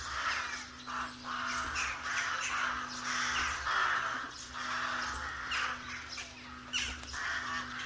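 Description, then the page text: Rooks cawing in a dense colony chorus, harsh overlapping caws with short lulls, over a steady low hum. "Б. Вепринцев - Голоса весны (1970) - A1. Колония грачей"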